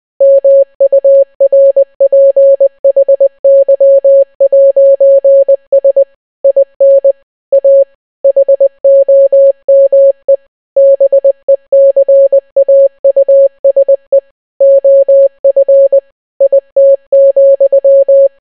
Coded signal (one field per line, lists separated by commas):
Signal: Morse code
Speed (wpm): 20 wpm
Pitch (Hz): 550 Hz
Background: none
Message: MURPHY'S IN A HOME BECAUSE OF IT,